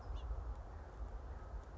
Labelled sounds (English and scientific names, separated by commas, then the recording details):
House Finch (Haemorhous mexicanus)
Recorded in Sonoma County, California